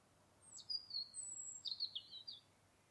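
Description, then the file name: Common blackbird gives high thin notes: a brief dropping squeak, a faint drawn whistle, then a buzzy wavering high trill, with steady background hiss. "Turdus merula"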